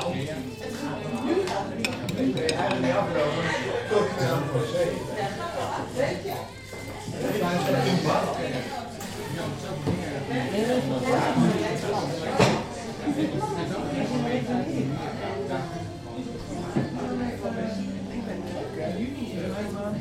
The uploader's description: Recorded in a Café in Amsterdam